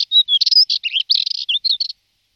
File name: pěnice-brýlatá